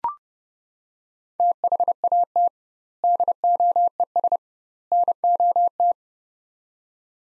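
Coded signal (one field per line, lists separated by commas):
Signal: Morse code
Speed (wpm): 30 wpm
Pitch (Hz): 700 Hz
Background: none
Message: THAT DOES NOT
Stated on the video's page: Morse practice of three-word sets at 30 wpm with 2x word spacing, a Farnsworth-like approach for words.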